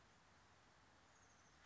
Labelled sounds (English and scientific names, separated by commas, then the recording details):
Oak Titmouse (Baeolophus inornatus)
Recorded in Sonoma County, California